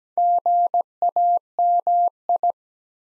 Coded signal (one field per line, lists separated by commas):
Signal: Morse code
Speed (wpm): 17 wpm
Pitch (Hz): 700 Hz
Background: none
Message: GAMI